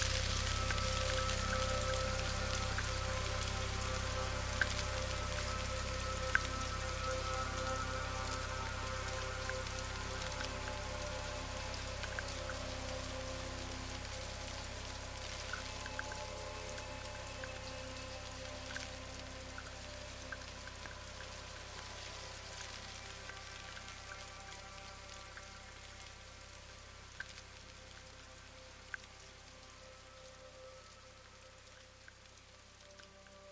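Steady English rainfall makes a soft, even hiss, with a few louder single drops landing around 5, 6, 16, 27 and 29 seconds. A low, constant hum runs underneath, and everything slowly fades quieter toward the end.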